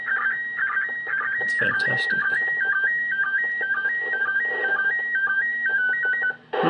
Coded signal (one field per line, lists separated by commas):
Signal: SSTV (slow-scan television)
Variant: PD 120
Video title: ISS SSTV HAM RADIO PART 2 ON 145.800 MHZ